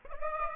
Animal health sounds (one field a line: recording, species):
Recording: mosquito wingbeat signal from an infrared sensor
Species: Aedes aegypti